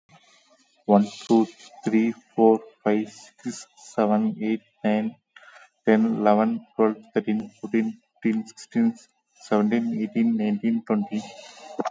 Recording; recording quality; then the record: counting at a normal pace; excellent, no background noise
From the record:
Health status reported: exposed to COVID-19, no respiratory illness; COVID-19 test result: negative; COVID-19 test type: RT-PCR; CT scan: taken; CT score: 7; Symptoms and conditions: loss of smell and taste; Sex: male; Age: 33 years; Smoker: no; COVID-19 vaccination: one dose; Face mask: worn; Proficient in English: yes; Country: India